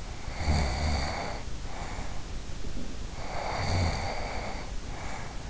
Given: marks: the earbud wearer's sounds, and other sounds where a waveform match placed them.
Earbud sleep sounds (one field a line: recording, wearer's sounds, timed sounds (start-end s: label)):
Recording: sounds in sleep by an in-ear microphone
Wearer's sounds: snoring breath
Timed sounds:
0.02-2.46 s: snoring breath
2.72-5.50 s: snoring breath